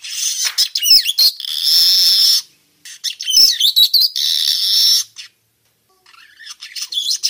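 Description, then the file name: Weaver song: quick chattering and sweeping notes leading into long, buzzy sizzling phrases, repeated twice, then softer scattered chips at the end. Young bird singing, in forest. "Suara kicau burung manyar muda hutan"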